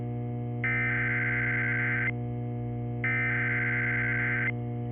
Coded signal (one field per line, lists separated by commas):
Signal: Emergency Alert System (SAME) tones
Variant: header bursts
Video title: EAS Scenario: The Marathon Fire